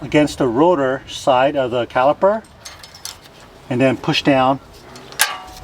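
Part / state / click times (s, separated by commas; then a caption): metal brake pad shim onto brake pad in caliper / seated / 5.2 s. A metal anti-rattle brake pad shim on a 2015 Ford F150 front brake is placed with its sharp notch against the rotor side of the caliper and pushed down onto the brake pad. Someone talks while soft metallic clicks and handling sounds follow. The shim snaps into place on the pad with a little click at 5.2 seconds.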